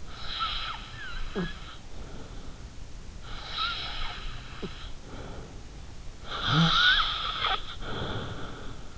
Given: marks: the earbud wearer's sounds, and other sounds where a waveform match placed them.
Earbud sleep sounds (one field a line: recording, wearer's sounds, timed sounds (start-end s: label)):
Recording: sounds in sleep by an in-ear microphone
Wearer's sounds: snoring breath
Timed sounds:
0.09-2.48 s: snoring breath
3.18-5.57 s: snoring breath
6.25-8.98 s: snoring breath